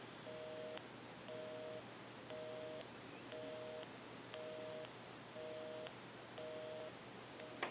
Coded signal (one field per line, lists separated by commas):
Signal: telephone call progress tone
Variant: North America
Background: music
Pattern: busy tone